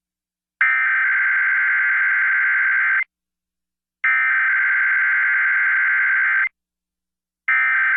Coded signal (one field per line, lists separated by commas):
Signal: Emergency Alert System (SAME) tones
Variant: header bursts